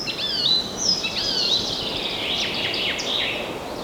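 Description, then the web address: Quick bird whistles and slurred chirps overlap in a busy high chorus, with steady hiss underneath. Forest birds. "مجموعه افکت صدا حیوانات SES Animals SFX Forest Birds"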